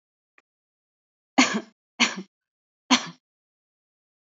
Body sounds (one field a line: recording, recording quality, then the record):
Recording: shallow voluntary cough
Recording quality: excellent, no background noise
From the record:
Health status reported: healthy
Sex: female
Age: 25 years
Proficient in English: no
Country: India